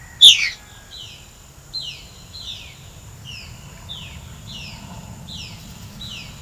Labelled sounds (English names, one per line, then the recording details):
Violaceous Jay
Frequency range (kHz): Violaceous Jay 1.6-8.8 kHz
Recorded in pastures near Puerto Asís, Putumayo, Colombia, on 24 June 2025 at 15:30
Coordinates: 0.497, -76.327
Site G040